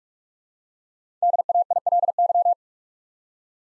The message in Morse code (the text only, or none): DAILY